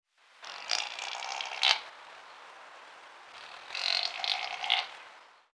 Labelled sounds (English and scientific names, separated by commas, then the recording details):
Chamois (Rupicapra rupicapra)
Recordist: Tembrock, Günter
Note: Meckern eines Bockes